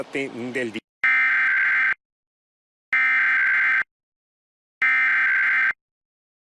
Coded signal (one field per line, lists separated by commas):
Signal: Emergency Alert System (SAME) tones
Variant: header bursts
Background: speech